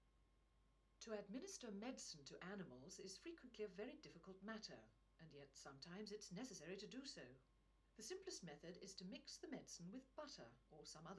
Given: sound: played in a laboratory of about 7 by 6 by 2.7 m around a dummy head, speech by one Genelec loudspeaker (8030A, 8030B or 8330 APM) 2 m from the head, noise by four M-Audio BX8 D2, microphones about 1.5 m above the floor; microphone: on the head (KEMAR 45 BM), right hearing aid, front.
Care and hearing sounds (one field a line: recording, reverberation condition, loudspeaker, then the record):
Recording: female speech in English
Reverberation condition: low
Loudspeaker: 60 degrees to the right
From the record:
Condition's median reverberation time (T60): about 310 ms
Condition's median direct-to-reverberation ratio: about 3.5 dB